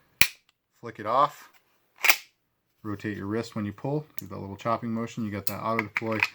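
The locking mechanism on a kydex sheath for a Spyderco PM2 folding knife is flicked off, giving a single sharp snap at 0.2 s as the sheath lock releases. A second sharp snap is heard at 2.1 s, and someone talks through the rest of the clip.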